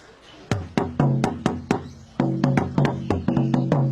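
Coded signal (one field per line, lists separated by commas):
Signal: talking drum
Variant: Asante atumpan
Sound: about fourteen quick drum strokes alternating between high and low pitches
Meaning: Asante proverb: when you kill a thousand, a thousand will come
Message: When you kill 1,000, 1,000 will come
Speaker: So that one's saying, when you kill 1,000, 1,000 will come. Yes.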